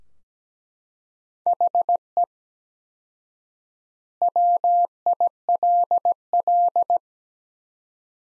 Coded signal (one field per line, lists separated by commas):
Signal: Morse code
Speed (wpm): 17 wpm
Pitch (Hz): 700 Hz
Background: none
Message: HE WILL